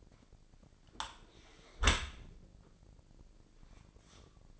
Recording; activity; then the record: daily activity, microphone in the room; close dishwasher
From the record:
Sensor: 5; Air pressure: 1012.4 hPa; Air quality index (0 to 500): 158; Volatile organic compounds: 2 ppm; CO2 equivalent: 1075 ppm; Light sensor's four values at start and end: 112/270/114/127 and 111/267/113/127